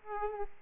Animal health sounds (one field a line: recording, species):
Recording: mosquito wingbeat signal from an infrared sensor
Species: Aedes aegypti